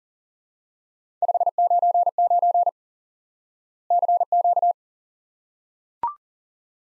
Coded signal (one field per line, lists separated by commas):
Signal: Morse code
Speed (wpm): 40 wpm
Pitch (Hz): 700 Hz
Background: none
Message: 599 CQ